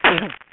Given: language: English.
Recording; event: throat vibration sensor signal played as sound; cough